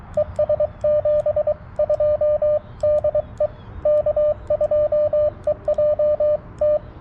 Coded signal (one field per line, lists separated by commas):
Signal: Morse code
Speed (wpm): 23 wpm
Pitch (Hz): 600 Hz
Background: radio noise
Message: ES 72 DE K2EJT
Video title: CW POTA at US-4567 with the TX-500